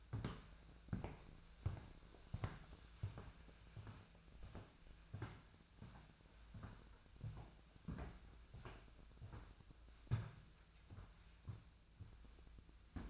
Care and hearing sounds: daily activity, microphone in the room; walk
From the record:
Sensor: 2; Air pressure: 1008.2 hPa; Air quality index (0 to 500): 181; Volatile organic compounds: 10 ppm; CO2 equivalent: 2224 ppm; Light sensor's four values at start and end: 13/32/13/14 and 13/32/13/14

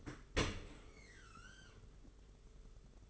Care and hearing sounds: daily activity, microphone in the room; open dishwasher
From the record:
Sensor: 4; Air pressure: 992.1 hPa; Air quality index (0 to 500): 109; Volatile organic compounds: 18 ppm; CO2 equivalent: 2623 ppm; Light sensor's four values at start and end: 23/78/28/30 and 23/78/28/30

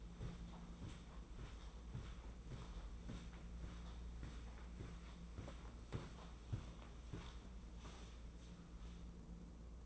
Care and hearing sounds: daily activity, microphone in the room; walk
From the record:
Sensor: 1

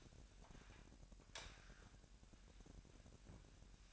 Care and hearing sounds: daily activity, microphone in the room; light on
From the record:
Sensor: 2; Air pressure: 1011.8 hPa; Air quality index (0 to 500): 217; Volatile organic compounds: 3 ppm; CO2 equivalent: 1527 ppm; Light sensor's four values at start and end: 11/26/11/11 and 16/44/18/18

